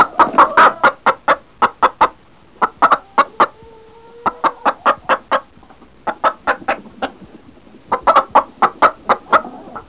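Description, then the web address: Chicken: hen giving excited clucks, rapid bursts of sharp clucking in quick runs separated by short pauses, with a brief drawn-out tone in the middle. "Soundsation. Animals Excited. Hen Excited"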